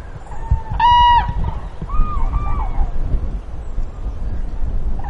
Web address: common crane